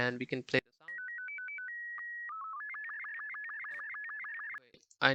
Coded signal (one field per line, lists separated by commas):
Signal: SSTV (slow-scan television)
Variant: Robot 36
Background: speech